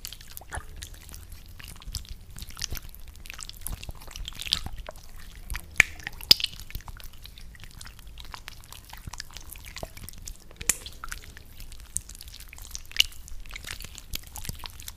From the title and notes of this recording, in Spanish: Glitter en tu carita. Sonido viscoso ASMR.